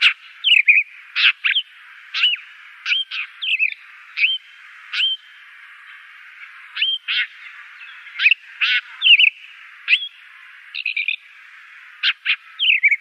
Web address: Schulze Peter Blackstart song